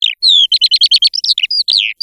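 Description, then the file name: Eurasian skylark song, a quick run of short chirping and warbled notes, tumbling and varied, high-pitched and continuous over a clean, quiet background. "ALLODOLA"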